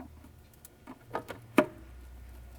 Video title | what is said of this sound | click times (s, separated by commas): BMW N55 Rod Bearing Replacement DIY Part 2 (2009-2019 BMW E90 335i, F30 335i, F87 M2, E82 135is) | heard it click we | 1.6 s